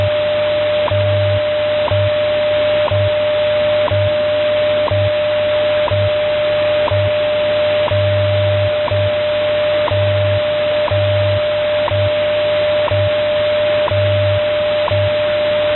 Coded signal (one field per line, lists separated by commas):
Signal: radio time signal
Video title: 17 04 2014 WWV Fort Collins, Colorado 1105 on 25 MHz via SDR in MidState, NY